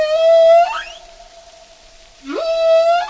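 Whale song: a long, harmonic, moaning tone bends upward, lingers as a faint hum, then a second call swoops up from low pitch into another rich, sustained cry. No voices.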